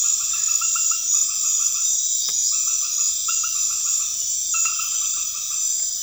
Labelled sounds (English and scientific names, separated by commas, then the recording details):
none
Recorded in pastures near Puerto Asís, Putumayo, Colombia, on 28 February 2025 at 23:30
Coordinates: 0.502, -76.324
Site GP07